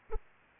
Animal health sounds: mosquito wingbeat signal from an infrared sensor; Aedes aegypti

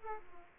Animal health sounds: mosquito wingbeat signal from an infrared sensor; Aedes aegypti

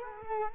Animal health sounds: mosquito wingbeat signal from an infrared sensor; Culex quinquefasciatus

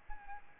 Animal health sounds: mosquito wingbeat signal from an infrared sensor; Anopheles arabiensis

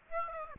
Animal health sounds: mosquito wingbeat signal from an infrared sensor; Aedes aegypti

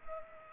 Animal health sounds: mosquito wingbeat signal from an infrared sensor; Culex pipiens

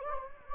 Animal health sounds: mosquito wingbeat signal from an infrared sensor; Anopheles gambiae

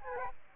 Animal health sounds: mosquito wingbeat signal from an infrared sensor; Aedes aegypti

